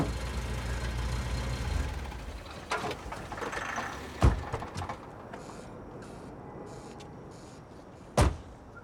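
A car pulls up to a house with a deep engine rumble that eases into a steady idle, punctuated by two sharp, solid thumps like car doors shutting as people get out.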